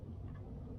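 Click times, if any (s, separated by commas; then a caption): none. The 5-wire display cable connector of an ebike conversion kit is handled as it is brought toward its mating plug on the controller harness, with a steady low rumble underneath. The clip ends just before the connector goes home, so nothing has seated or clicked yet.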